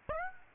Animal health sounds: mosquito wingbeat signal from an infrared sensor; Aedes aegypti

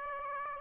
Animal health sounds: mosquito wingbeat signal from an infrared sensor; Aedes aegypti

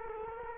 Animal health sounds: mosquito wingbeat signal from an infrared sensor; Culex quinquefasciatus

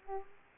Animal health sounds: mosquito wingbeat signal from an infrared sensor; Aedes aegypti

